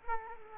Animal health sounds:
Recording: mosquito wingbeat signal from an infrared sensor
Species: Culex quinquefasciatus

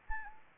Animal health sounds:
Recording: mosquito wingbeat signal from an infrared sensor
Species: Anopheles arabiensis

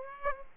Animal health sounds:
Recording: mosquito wingbeat signal from an infrared sensor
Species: Aedes aegypti

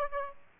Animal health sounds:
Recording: mosquito wingbeat signal from an infrared sensor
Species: Aedes aegypti

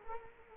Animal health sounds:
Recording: mosquito wingbeat signal from an infrared sensor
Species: Culex quinquefasciatus

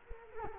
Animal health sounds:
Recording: mosquito wingbeat signal from an infrared sensor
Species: Culex quinquefasciatus

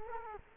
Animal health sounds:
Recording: mosquito wingbeat signal from an infrared sensor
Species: Culex quinquefasciatus

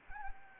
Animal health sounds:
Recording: mosquito wingbeat signal from an infrared sensor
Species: Anopheles gambiae

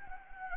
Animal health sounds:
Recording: mosquito wingbeat signal from an infrared sensor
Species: Anopheles gambiae

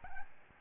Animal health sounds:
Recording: mosquito wingbeat signal from an infrared sensor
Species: Aedes albopictus

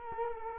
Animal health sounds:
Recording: mosquito wingbeat signal from an infrared sensor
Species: Culex quinquefasciatus

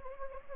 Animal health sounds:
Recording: mosquito wingbeat signal from an infrared sensor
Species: Anopheles gambiae

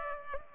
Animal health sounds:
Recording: mosquito wingbeat signal from an infrared sensor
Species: Culex pipiens

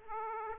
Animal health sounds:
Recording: mosquito wingbeat signal from an infrared sensor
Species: Aedes aegypti

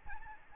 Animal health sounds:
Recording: mosquito wingbeat signal from an infrared sensor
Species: Aedes albopictus

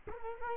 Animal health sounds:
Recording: mosquito wingbeat signal from an infrared sensor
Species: Culex quinquefasciatus

